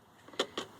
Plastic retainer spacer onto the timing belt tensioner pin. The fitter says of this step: and go ahead and snap that in